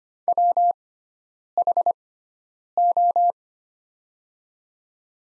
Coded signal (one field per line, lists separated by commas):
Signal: Morse code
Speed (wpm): 25 wpm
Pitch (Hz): 700 Hz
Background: none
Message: WHO